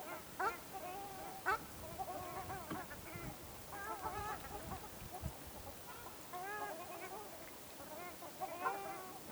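Ruddy shelduck honks, scattered nasal calls from several birds with a few louder bursts and quieter gaps between.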